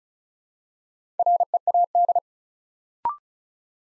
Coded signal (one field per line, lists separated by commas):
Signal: Morse code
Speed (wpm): 36 wpm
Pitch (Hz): 700 Hz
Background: none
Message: READ